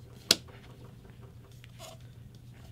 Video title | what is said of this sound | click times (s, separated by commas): Synology DS415+ NAS Unboxing/Setup | And snapping the drive rail on both sides. | 0.3 s